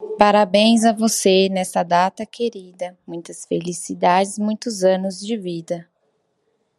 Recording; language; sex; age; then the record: short text; Brazilian Portuguese; female; 20 to 29 years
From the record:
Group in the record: control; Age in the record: 28 years